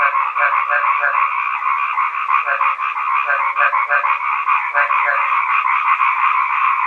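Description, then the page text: East Asian bullfrogs croaking in a thick, unbroken chorus, with clusters of lower doubled notes repeated in quick bursts at intervals. "虎皮蛙叫声"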